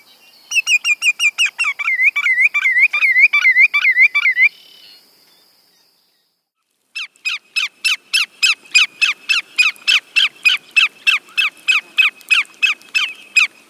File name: Greater Yellowlegs